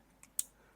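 A wiring loom plug is pushed onto a fuel injector on an engine. A faint tick comes at 0.2 s, then a sharp, bright snap at 0.4 s as the plug clicks home and seats on the injector.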